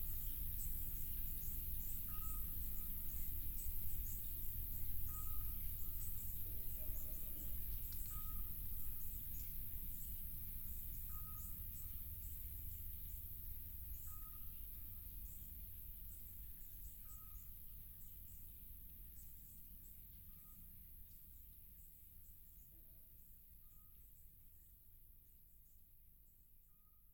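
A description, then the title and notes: Summer night field recording from Montferrat, Italy, with a dense, steady shimmer of insects high up and a soft low rumble beneath. A short, regular chirp repeats about every three seconds throughout. The whole scene slowly grows quieter toward the end. Summer stellar (unprocessed stereo field recording) Asti/Villa Deati, Montferrat, Italy.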